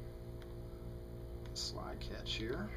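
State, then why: Not seated. A steel slide catch is held lined up at the left side of a CZ 75 SP-01 pistol frame, ready to be pushed home, over a steady mains hum. Only faint handling taps are heard, near 0.4 s and 1.5 s, and someone talks toward the end. Nothing has seated or clicked yet.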